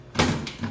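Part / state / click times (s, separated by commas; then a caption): brew unit into coffee machine / seated / 0.2 s, 0.5 s. A greased plastic brew unit is pushed back into an espresso machine and clicks into place. Two sharp hits are heard at 0.2 s and 0.5 s, and the unit is seated.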